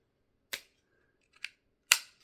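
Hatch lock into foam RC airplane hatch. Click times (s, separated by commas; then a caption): 1.9 s. A hatch lock on a foam RC plane hatch is hooked in and then pushed until it locks. Two sharp clicks at about 0.5 s and 1.4 s lead to the loudest snap at 1.9 s, where the lock seats in place.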